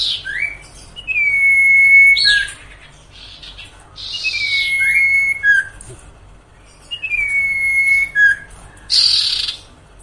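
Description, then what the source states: Sirtu whistling long even notes that end in quick down-slurs, interspersed with husky, breathy bursts. Masteran training song for cage birds, with the full range of song variations.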